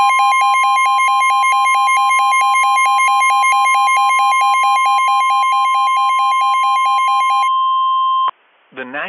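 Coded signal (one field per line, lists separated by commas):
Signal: Emergency Alert System (SAME) tones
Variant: 1050 Hz attention tone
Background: speech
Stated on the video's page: Reenactment mock of a severe thunderstorm warning using a Midland WR120 weather radio.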